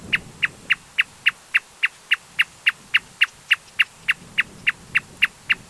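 Marsh Tapaculo uttering rapid, identical clipped notes in a steady rhythm, around three and a half per second.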